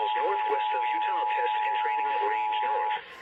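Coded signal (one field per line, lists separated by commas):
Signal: Emergency Alert System (SAME) tones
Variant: 853 and 960 Hz attention tone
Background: speech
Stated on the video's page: Severe thunderstorm warning relayed on weather radio transmitter KEC78 and station KUED.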